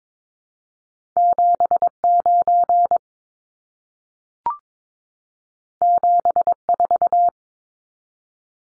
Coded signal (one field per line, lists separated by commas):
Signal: Morse code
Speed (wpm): 22 wpm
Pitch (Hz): 700 Hz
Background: none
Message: 79 74